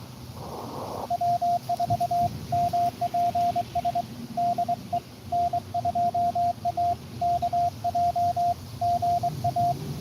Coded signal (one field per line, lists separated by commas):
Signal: Morse code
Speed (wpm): 23 wpm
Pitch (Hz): 700 Hz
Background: radio noise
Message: W4MPS DE N2AKJ GA